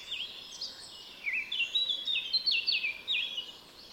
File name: Sylvia atricapilla